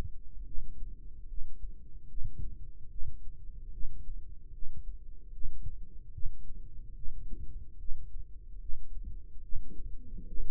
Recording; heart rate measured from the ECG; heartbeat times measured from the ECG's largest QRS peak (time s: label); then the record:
heart sounds by microphone in the right ear; 73 bpm
0.46 s: heartbeat
1.28 s: heartbeat
2.08 s: heartbeat
2.90 s: heartbeat
3.72 s: heartbeat
4.53 s: heartbeat
5.32 s: heartbeat
6.13 s: heartbeat
6.95 s: heartbeat
7.79 s: heartbeat
8.60 s: heartbeat
9.43 s: heartbeat
10.27 s: heartbeat
From the record:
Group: healthy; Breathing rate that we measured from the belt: 18 breaths a minute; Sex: male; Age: 55 years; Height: 167 cm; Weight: 57.2 kg